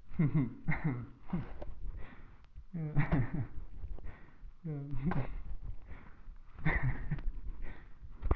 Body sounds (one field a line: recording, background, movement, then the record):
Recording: laughter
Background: quiet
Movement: sitting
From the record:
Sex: male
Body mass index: 20.5 kg/m2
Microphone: on the chest, facing the body